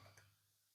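A wiring harness connector is pushed onto an ignition coil on a 2017 Ford Fusion 1.5L turbo engine during a spark plug and coil change. A faint, short click is heard at 0.2 s over a low steady hum. The connector snaps in and is seated.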